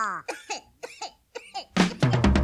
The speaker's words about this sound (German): hat Husten.